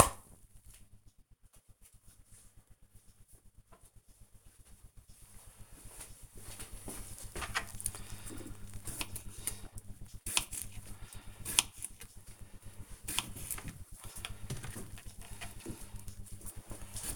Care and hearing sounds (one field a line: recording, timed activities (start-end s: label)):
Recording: household activities, microphone on the right wrist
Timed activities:
8.26-17.16 s: cutting vegetables